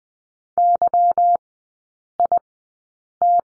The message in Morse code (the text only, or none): YIT